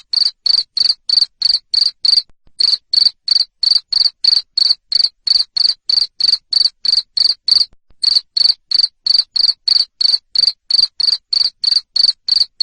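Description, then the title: Cricket chirping, loud shrill high pulses repeated about three times a second, steady throughout with two short pauses, no other sounds. Loud cricket chirping (Indonesian "jangkrik ngerik") used to stimulate lovebirds to keep singing ("ngekek"). "Suara JANGKRIK NGERIK Keras Bikin LOVEBIRD Jadi NGEKEK Terus Vubey"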